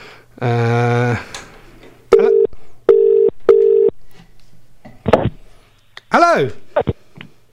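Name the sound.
telephone line tones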